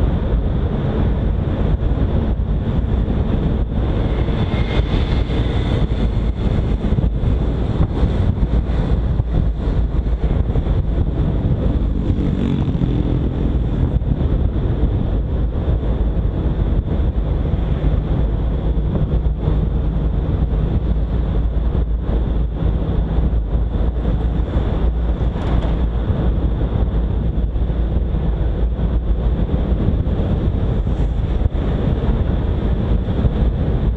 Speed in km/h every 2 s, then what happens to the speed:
54, 54, 51, 48, 44, 42, 43, 44, 44, 46, 49, 49, 48, 49, 51, 52, 53.
0-9 slows to 42. 9-34 speeds up to 53.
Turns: none.